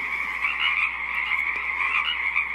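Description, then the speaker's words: Pacific chorus frogs croaking together in a dense, continuous chorus of overlapping raspy calls, with no pauses and no other sounds standing out. Chorus of frogs croaking to each other at a wetland on Saturna Island, British Columbia, during a 24-hour Earth Day broadcast. "The Pacific chorus frogs, as you can hear, continue their crazy party, croaking out to each other in an almost overwhelming display of otherworldly glee."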